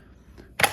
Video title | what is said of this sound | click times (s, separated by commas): Does This Amazon Pole Saw Actually Work? | so I can just snap that into place just like that and we're ready to go | 0.6 s